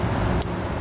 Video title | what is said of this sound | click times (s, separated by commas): etrailer - Curt Wiring Harness Installation - 2012 Dodge Grand Caravan | way as we did driver side I'm just gonna match them together till you hear it click | 0.4 s